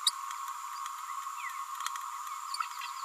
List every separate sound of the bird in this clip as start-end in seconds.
0.06-0.11